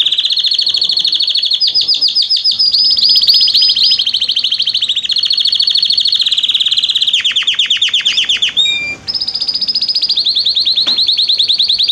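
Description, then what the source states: Canary song: a long run of rapid high trills that change tempo every few seconds, with brief pure whistled notes and buzzy rolls mixed in. Male Belgian canary singing a lot; meant to warm up a young bird.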